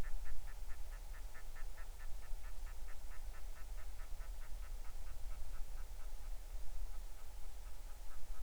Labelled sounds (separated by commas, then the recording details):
waterfowl
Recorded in the Arctic National Wildlife Refuge, Alaska, on 20 July 2019 at 03:05
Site 38